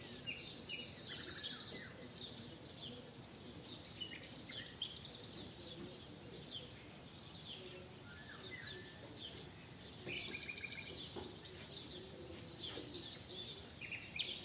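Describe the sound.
Eurasian wren with quick, sharp, high-pitched trills in the first two seconds and again toward the end.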